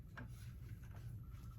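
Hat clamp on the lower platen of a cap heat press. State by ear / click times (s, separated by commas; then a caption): seated / 0.2 s. A hat is lined up in the groove of a cap heat press and its clamp on the lower platen is pressed down. A single short knock is heard at 0.2 s over a steady low hum as the clamp locks into place.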